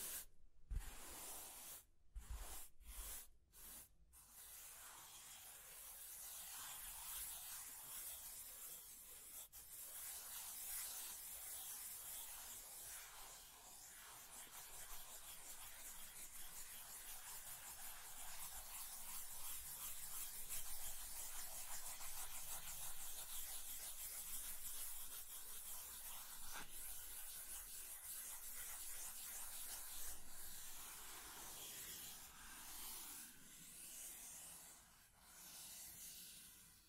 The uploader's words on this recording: ASMR Mind Tingling Scratching and Tracing Sounds (No Talking).